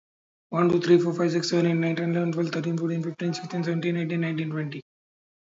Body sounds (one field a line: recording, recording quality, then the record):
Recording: counting at a fast pace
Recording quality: excellent, no background noise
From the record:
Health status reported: healthy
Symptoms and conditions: diabetes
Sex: male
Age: 49 years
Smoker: not ticked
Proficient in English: yes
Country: India